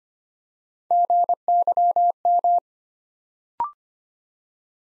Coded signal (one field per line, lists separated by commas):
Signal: Morse code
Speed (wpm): 25 wpm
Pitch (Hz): 700 Hz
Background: none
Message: GYM